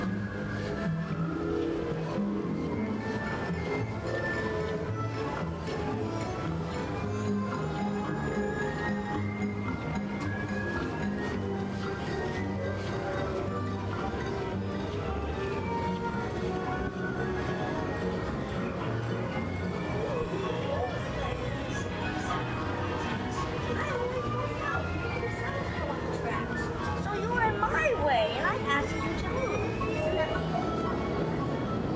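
Theme park crowd noise with constant overlapping voices and a steady low rumble, joined near the end by sliding, swooping tones and a louder burst.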